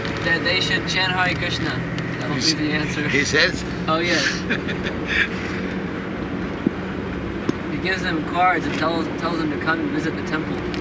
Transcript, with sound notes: that they should chant Hare Kṛṣṇa; that will be the answer.
He says? [laughs]
Oh, yes. He gives them cards and tells them to come and visit the temple.